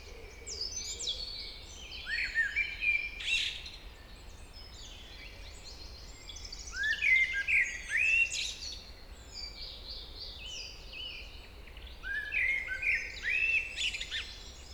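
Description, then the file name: Common blackbird song: three fluty warbled phrases separated by pauses, with a faint low hum. "Turdus merula"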